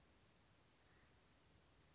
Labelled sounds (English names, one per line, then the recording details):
Chestnut-backed Chickadee
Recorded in Sonoma County, California